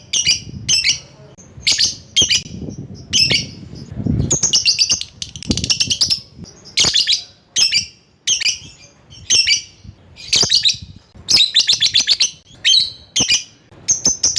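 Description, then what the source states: Lovebird calls: a steady series of loud, harsh high chirps and chattering bursts, repeated every second or so throughout. Lovebird calling a rival.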